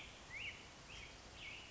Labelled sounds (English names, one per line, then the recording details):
Black-headed Grosbeak
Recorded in Sonoma County, California